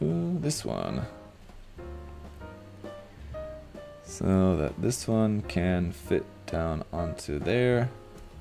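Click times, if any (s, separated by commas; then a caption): none. A plastic part from a PG Unleashed RX-78-2 Gundam model kit is handled and lined up to be pressed down onto its mating frame part while someone talks over guitar music. The part has not seated or clicked yet; the clip ends just before it goes home.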